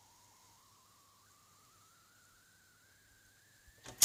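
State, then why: Not seated. After a pop-up toaster's heating elements briefly come on, its carriage lever is pushed down again but fails to latch and will not stay down. A faint steady tone rises slowly from about 0.9 kHz to 1.8 kHz over a low hum, then a short burst of loud broadband noise arrives around 3.7 to 4.1 seconds. Nothing has latched by the end of the clip.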